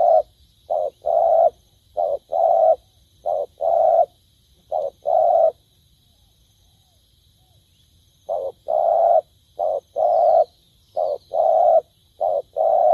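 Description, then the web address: Spotted dove giving repeated low coos, with short and long notes alternating. The series breaks off for a few seconds of quiet, then starts again. "tieng cu dat gay. tieng dong vat"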